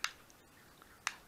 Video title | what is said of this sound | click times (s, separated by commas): QUADCOPTER H43WH CRAB de chez Goolsky JJR C | Voilà, là il est encliqueté. | 0.0 s, 1.1 s